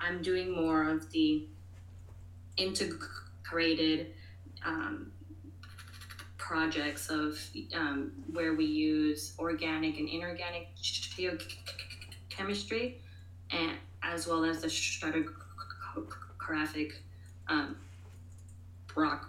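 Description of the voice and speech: Adult woman who stutters speaking conversationally about her geochemistry research, with blocks and prolonged sounds, pauses mid-sentence and filled pauses ("um") breaking up words such as "integrated" and "stratigraphic".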